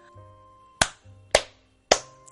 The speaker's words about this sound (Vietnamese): Ba tiếng vỗ tay tán thưởng vang lên